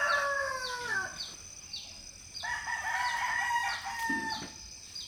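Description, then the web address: Chicken calling: a falling harmonic call at the start, then a second long, level call, with faint high chirps repeating behind. Hens in a quiet village in the Philippines, recorded early in the morning. "Charlie Atanasyan - Philippines sound library by Faunethic Village quiet chicken hen symphony early the morning"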